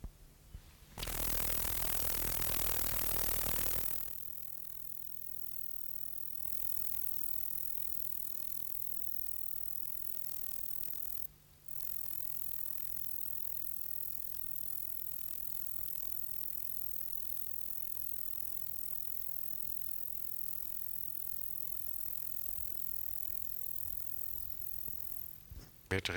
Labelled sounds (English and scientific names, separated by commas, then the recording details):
Roesel's Bush-cricket (Metrioptera roeselii) stridulation
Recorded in the wild
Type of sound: stridulation
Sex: male
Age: imago
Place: Treuchtlingen, Heumöderntal, Bayern, DE
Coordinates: 48.96, 10.91
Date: 1993-09-05 10:29
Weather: 13 °C, wechselhaft
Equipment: Marantz CP 430, Sennheiser MKH 416 T, Kopie Uher Variocord 263
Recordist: Tembrock, Günter
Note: Stridulation